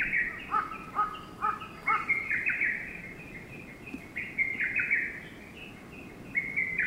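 Lesser cuckoo song: rapid whistled phrases, dense at first, then more spaced out after a short pause.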